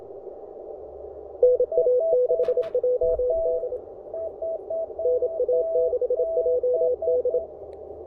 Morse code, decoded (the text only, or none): NA6JD NA6JD